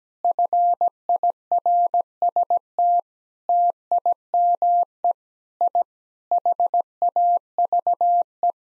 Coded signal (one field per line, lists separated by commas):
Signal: Morse code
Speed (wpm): 17 wpm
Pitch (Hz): 700 Hz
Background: none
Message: FIRST TIME I HAVE